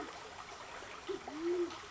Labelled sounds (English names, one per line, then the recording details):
Band-tailed Pigeon
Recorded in Sonoma County, California